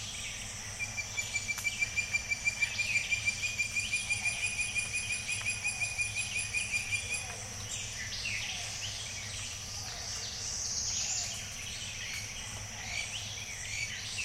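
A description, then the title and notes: A diffuse chorus of bird-voiced treefrogs in the evening, with a steady, rapid, high whistling trill that runs from about one to seven seconds and then falls away. Fainter overlapping trills and scattered chirps continue, over a constant low hum. Morning at Jessamine Bayou. Jessamine Bayou is a seasonally flooded forest in the heart of America's Amazon, the Mobile-Tensaw River Delta. These recordings are taken from overnight "drop rigs" left at the edge of a tributary surrounded cypress swamp and adjacent to a field of saw palmetto.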